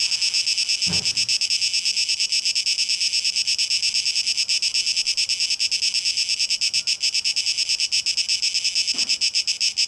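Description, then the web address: Cicada gives a continuous high, rasping drone with rapid pulsing; two dull low knocks are heard near the start and end. 12 August 2023, tape echo mix. "rauschpartikel Audio 2023-08-12 Zikaden"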